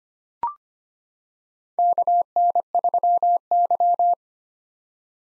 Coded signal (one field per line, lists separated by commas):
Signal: Morse code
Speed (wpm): 25 wpm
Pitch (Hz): 700 Hz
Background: none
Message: KN3Y